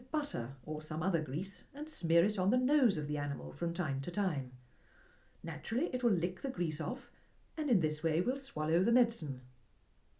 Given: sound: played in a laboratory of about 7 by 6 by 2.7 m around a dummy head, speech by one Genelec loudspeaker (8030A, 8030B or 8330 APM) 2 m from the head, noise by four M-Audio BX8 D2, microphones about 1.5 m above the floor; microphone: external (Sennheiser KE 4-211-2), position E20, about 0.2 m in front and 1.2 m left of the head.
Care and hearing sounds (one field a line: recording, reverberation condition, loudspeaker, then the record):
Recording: female speech in English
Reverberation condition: low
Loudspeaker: 120 degrees to the left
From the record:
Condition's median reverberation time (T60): about 310 ms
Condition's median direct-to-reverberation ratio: about 3.5 dB